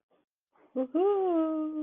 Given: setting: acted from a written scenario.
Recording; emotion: vocal sound without words; triumph